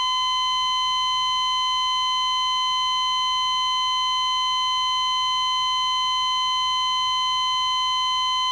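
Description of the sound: A steady, continuous high-pitched tone of an electrocardiogram monitor showing a flatline, with no beats.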